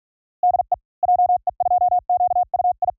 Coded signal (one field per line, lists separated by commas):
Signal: Morse code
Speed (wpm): 48 wpm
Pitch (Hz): 720 Hz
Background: none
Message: DE JE2QUI